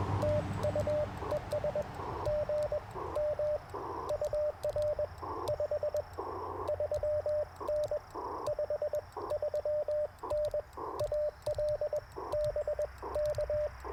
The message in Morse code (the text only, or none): TU ES GM UR 53N 53N AL BK